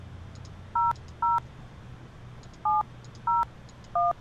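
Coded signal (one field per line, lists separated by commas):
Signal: DTMF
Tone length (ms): 190 ms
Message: 00 701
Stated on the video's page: Keypad tones from a keypad-controlled security door system, apparently in a virtual world.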